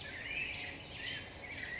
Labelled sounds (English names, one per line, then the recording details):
California Quail
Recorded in Sonoma County, California